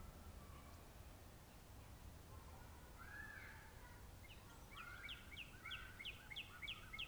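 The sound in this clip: Northern cardinal delivering a quick run of about eight sharp down-slurred whistles near the end, after softer scattered bird notes, over constant low background noise.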